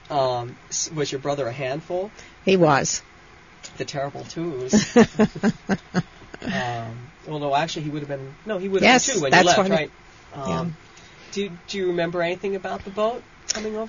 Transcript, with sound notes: Was your brother a handful?
He was.
The terrible twos. (They laugh) Although actually he would have been, no, he would have been two when you left. Right. Do you remember anything about the boat, coming over?